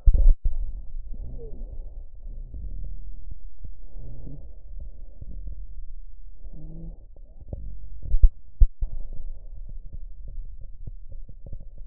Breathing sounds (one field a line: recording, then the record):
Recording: lung sounds by stethoscope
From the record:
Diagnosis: emphysema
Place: left posterior upper chest